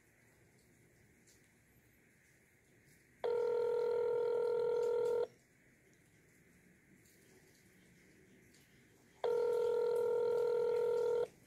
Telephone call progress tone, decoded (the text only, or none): ringback tone